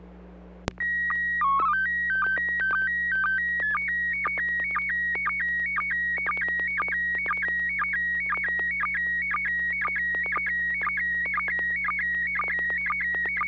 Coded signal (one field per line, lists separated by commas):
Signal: SSTV (slow-scan television)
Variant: PD 120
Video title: N6NA SSTV Net - 02/19/2025